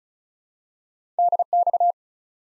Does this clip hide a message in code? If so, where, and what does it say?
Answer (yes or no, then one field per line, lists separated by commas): yes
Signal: Morse code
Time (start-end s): 1.2-1.9 s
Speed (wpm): 36 wpm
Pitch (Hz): 700 Hz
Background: none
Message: DX